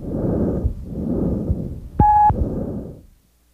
Tracheal breath sounds. Breath sounds, not usually auscultated, are present over the extrathoracic portion of the trachea. They are very loud, very high-pitched, and have a harsh, hollow quality, the expiratory phase being slightly longer than the inspiratory phase.